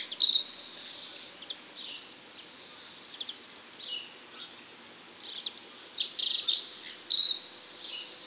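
Dunnock song: a brief high warbled burst at the start and a longer, quick jangling phrase near the end over steady faint twittering.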